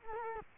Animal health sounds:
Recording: mosquito wingbeat signal from an infrared sensor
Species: Culex quinquefasciatus

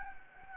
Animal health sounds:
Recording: mosquito wingbeat signal from an infrared sensor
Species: Anopheles gambiae

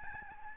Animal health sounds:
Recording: mosquito wingbeat signal from an infrared sensor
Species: Aedes albopictus

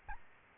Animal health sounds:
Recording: mosquito wingbeat signal from an infrared sensor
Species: Aedes albopictus

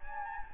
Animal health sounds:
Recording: mosquito wingbeat signal from an infrared sensor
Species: Anopheles gambiae

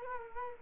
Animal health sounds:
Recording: mosquito wingbeat signal from an infrared sensor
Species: Culex quinquefasciatus

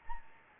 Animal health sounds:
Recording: mosquito wingbeat signal from an infrared sensor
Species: Anopheles gambiae

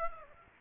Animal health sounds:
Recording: mosquito wingbeat signal from an infrared sensor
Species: Aedes aegypti

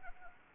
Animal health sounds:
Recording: mosquito wingbeat signal from an infrared sensor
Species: Anopheles arabiensis

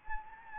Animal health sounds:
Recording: mosquito wingbeat signal from an infrared sensor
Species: Anopheles gambiae

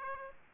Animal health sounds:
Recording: mosquito wingbeat signal from an infrared sensor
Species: Aedes aegypti

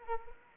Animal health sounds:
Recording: mosquito wingbeat signal from an infrared sensor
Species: Anopheles arabiensis

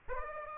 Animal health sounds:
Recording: mosquito wingbeat signal from an infrared sensor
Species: Aedes aegypti

